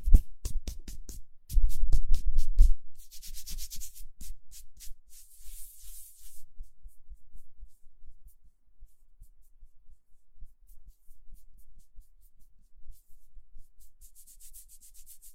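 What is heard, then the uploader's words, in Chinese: Hands rub together in dry bursts, loudest near the start and fading into softer, scattered brushing strokes with quiet gaps. 搓手手。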